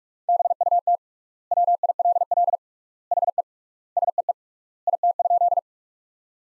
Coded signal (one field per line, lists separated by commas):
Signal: Morse code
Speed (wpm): 42 wpm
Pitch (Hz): 700 Hz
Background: none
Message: BUT WILL HE SEE IT?